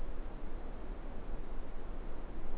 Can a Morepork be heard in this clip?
no